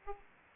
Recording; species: mosquito wingbeat signal from an infrared sensor; Aedes aegypti